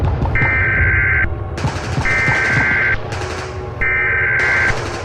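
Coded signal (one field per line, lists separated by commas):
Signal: Emergency Alert System (SAME) tones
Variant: header bursts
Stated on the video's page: Fictional EAS scenario about a dinosaur resurrection.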